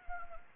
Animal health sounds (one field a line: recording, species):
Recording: mosquito wingbeat signal from an infrared sensor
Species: Anopheles arabiensis